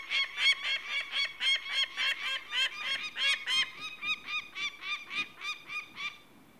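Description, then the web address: Peregrine falcon giving a harsh, rapid kak-kak-kak series, about three to four grating notes per second, slightly softer toward the end before stopping. "BBC Sound Effects Library. Peregrine Falcon"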